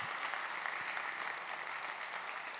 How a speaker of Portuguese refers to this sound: Mas vocês, amém? Podem aplaudir a Jesus?